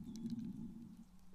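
A brief, low, wind-like gurgling rumble from an adult man's stomach: ordinary bowel sounds.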